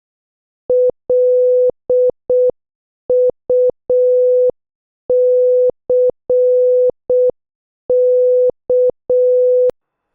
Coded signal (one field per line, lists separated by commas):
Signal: Morse code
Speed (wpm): 6 wpm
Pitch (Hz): 500 Hz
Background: none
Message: LUCK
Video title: 14. Morse Code Challenge | Practice with your favorite Movie Dialogues | 6 WPM